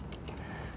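The top cover of a Porsche Cayenne (2011-2016) radio housing is slid back over the radio body and snaps into place, with a sharp click at 0.1 s and a softer tick at 0.3 s over a low steady hum. The cover is seated.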